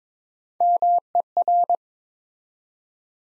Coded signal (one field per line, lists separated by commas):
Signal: Morse code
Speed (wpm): 22 wpm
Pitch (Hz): 700 Hz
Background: none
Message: MER